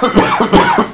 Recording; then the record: coughing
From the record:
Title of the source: Spring Allergy Coughing